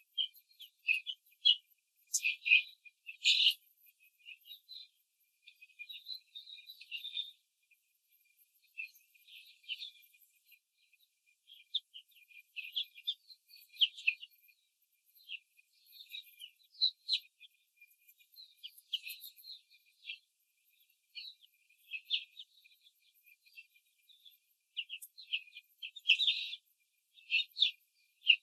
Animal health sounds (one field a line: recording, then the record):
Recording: young laying hens in a cage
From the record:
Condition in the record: control cage, before the stress test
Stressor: none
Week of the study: 4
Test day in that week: 3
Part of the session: 1